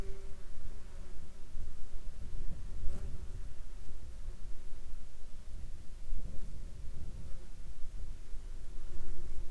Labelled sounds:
wind, insects

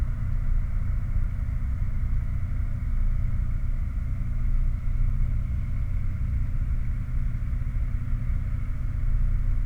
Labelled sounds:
machinery, flare stack

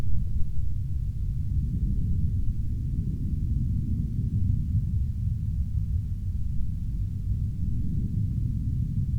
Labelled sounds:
aircraft

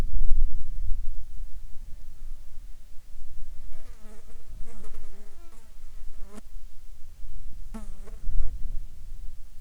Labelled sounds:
wind, insects

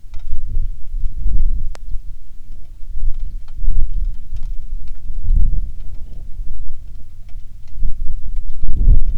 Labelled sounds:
bird, wind, rain

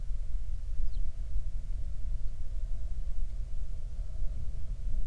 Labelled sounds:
bird, wind

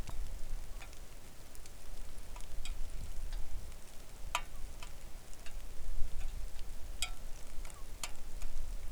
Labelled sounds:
rain

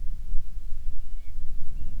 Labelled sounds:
bird, wind

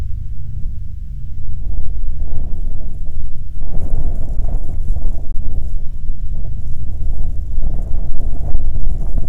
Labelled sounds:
wind

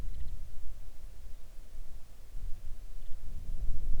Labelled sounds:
songbird

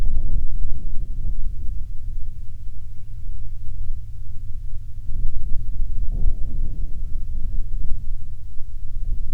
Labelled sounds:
bird, wind

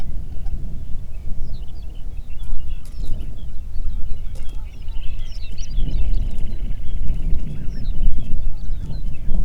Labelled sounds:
songbird, waterfowl, wind

